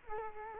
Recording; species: mosquito wingbeat signal from an infrared sensor; Culex quinquefasciatus